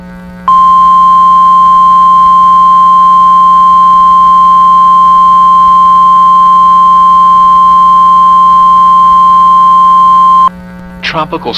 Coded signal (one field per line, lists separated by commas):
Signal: Emergency Alert System (SAME) tones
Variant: 1050 Hz attention tone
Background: speech